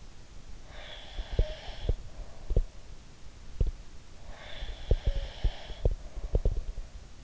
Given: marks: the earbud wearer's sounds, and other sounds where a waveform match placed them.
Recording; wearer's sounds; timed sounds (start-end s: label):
sounds in sleep by an in-ear microphone; breath
0.55-2.60 s: breath
1.16-3.75 s: sound from someone else or the room
4.20-6.82 s: breath
4.59-7.24 s: sound from someone else or the room